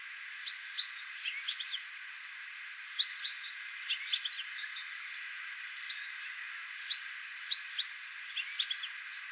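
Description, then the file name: European goldfinch calls: quick, high, liquid chirps scattered in loose clusters throughout, with a constant soft background hiss. "Carduelis carduelis"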